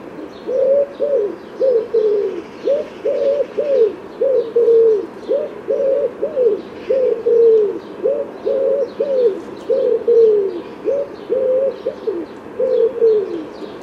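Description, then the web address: Common wood pigeon cooing: a long series of low, hoarse coos in quick succession, with faint chirps of other birds above. "cianscape. Deverinetal. Bird Only"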